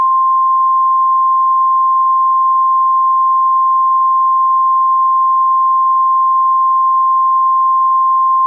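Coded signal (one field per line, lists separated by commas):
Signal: Emergency Alert System (SAME) tones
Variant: 1050 Hz attention tone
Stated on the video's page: Joke EAS scenario; tones may be valid.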